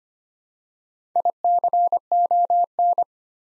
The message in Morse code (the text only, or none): ICON